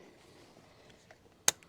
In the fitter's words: Okay, you heard that click? Okay.